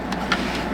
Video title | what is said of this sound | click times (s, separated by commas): Professional Electrician Couldn't Figure It Out | we usually just snap right in place | 0.1 s, 0.3 s